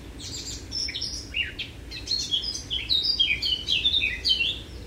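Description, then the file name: Eurasian blackcap warbling steadily: a rapid stream of varied chirps and clear whistled slurs over soft low background noise. "Sylvia atricapilla"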